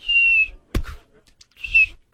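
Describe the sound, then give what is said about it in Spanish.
Two shrill whistling fireworks (chifladores), set off around the Fourth of July, each a high steady whine lasting about half a second, followed by sharp loud bangs and pops; no one speaks. “¿eres chiflador? El chiflador.”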